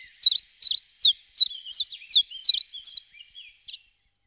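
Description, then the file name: Common chiffchaff singing a quick series of high, emphatic two-toned notes, between two and three per second, trailing off into a softer final note. "Golosa ptic - Penochka-tenkovka Phylloscopus collybita"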